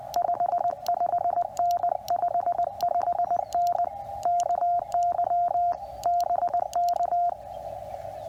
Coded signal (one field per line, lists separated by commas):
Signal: Morse code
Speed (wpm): 20 wpm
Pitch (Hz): 700 Hz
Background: radio noise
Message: 55N 55N KY BK